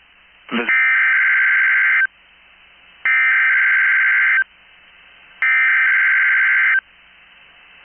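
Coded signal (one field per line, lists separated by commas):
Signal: Emergency Alert System (SAME) tones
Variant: header bursts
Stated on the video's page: Required Weekly Test tones from a box.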